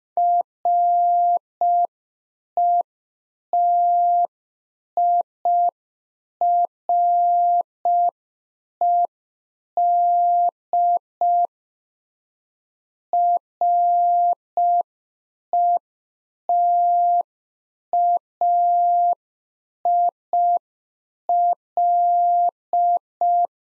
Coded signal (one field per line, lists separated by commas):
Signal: Morse code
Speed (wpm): 5 wpm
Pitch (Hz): 700 Hz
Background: none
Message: RETIRED RETAIL